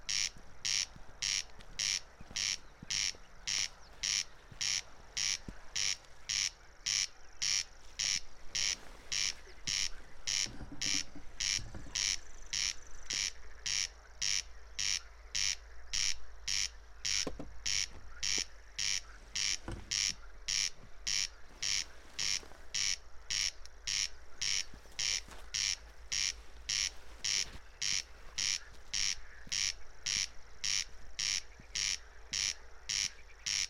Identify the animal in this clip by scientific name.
Crex crex